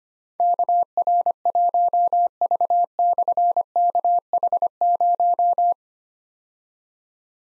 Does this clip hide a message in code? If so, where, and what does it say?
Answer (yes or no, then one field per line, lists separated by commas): yes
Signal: Morse code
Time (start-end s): 0.4-5.7 s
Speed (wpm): 25 wpm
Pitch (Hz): 700 Hz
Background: none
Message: KR1V/KH0